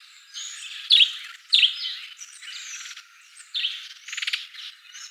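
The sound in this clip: Sparrow chirping: a few bright chirps mixed with chattering notes against a hissy background.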